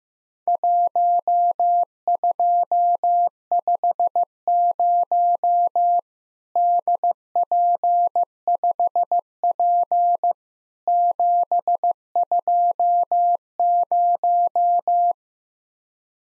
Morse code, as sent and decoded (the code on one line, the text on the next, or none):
.---- ..--- ..... ----- / -.. .--. ..... .--. / --... ..--- -----
1250 DP5P 720